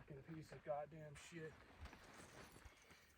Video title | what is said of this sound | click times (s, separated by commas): My OzTent Trainwreck / Overland Ground Tent? | won't lock in | none